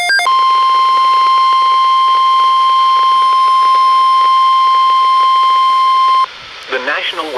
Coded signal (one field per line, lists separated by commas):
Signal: Emergency Alert System (SAME) tones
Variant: 1050 Hz attention tone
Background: speech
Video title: Hugh Jass Warnings... EAS Alerts from 6/24/19 (EAS #2,811 - 2,825)